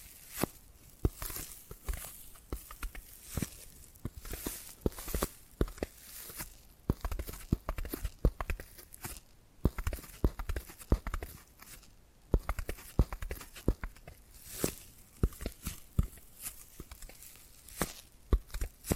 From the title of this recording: Tapping and Scratching Sounds